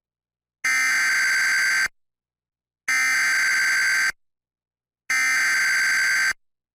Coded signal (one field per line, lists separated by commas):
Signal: Emergency Alert System (SAME) tones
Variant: header bursts